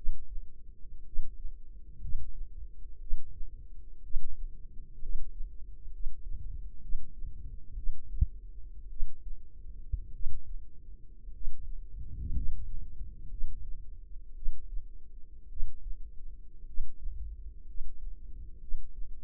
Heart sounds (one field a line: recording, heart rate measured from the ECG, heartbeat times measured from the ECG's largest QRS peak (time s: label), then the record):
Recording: heart sounds by microphone in the left ear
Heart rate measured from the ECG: 58 bpm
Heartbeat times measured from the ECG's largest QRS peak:
1.04 s: heartbeat
2.00 s: heartbeat
2.99 s: heartbeat
4.02 s: heartbeat
5.00 s: heartbeat
5.91 s: heartbeat
6.80 s: heartbeat
7.75 s: heartbeat
8.89 s: heartbeat
10.12 s: heartbeat
11.31 s: heartbeat
12.32 s: heartbeat
13.29 s: heartbeat
14.34 s: heartbeat
15.48 s: heartbeat
16.65 s: heartbeat
17.65 s: heartbeat
18.59 s: heartbeat
From the record:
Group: healthy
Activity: rest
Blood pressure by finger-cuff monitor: 107/50 mmHg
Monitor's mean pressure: 64 mmHg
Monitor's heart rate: 57 bpm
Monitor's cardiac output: 5.4 L/min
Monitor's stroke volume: 96 mL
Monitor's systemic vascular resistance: 820 dyn s/cm5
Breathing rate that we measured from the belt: 11 breaths a minute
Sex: male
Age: 25 years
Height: 170 cm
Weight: 70.4 kg